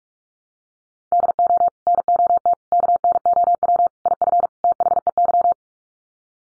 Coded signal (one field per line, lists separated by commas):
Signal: Morse code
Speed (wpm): 44 wpm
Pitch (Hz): 700 Hz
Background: none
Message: DO NOT KNOW IF THEY